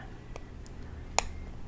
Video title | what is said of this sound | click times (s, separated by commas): DeAgostini ISS Model - (Stages 31-32) | Oh, there we go. Okay, it snaps right in. | 1.2 s